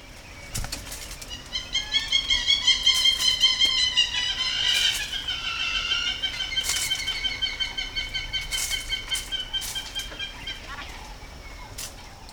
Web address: sound Hamerkop